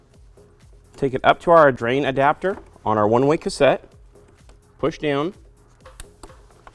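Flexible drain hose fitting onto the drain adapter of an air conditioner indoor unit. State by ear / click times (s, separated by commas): seated / 6.0 s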